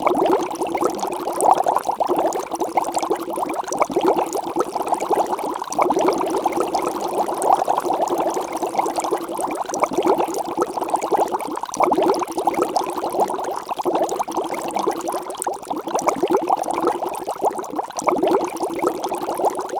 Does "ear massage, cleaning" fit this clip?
no